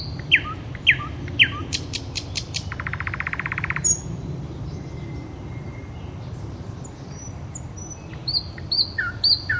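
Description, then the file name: Nightingale song: a few sharp whistled notes and clicks, then a steady rapid rattle, followed by faint high calls over low background rumble. "solovejj"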